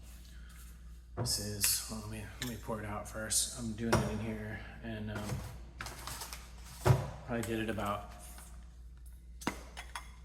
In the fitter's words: You can hear the pop because it was like, hey, you're opening it too early.